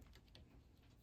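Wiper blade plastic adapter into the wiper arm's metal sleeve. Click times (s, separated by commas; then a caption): 0.4 s. A Bosch windshield wiper blade's plastic adapter with its push button is slid flush into the wiper arm's metal sleeve during reassembly. A faint tick comes at 0.2 s, then a sharp click at 0.4 s as the push button snaps into its hole. The adapter is seated and secured.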